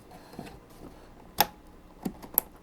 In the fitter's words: two clicks next one